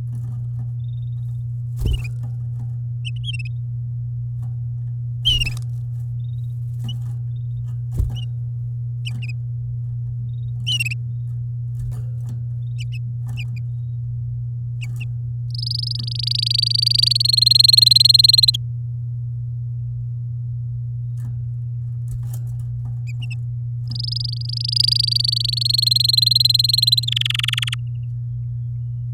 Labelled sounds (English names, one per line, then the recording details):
Domestic Canary song
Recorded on 10 May 2018 at 08:49
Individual llb16